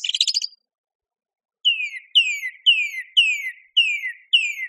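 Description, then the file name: Song thrush song: a rapid chattering burst, a pause, then a falling whistled slur repeated six times at an even pace. "suara-kicauan-burung-song-thrush -omkicau"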